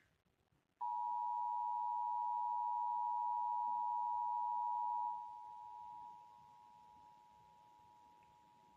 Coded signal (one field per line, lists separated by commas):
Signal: Emergency Alert System (SAME) tones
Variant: 853 and 960 Hz attention tone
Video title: EAS #54: Required Monthly Test - Indiana (11/15/2018) (WTHR)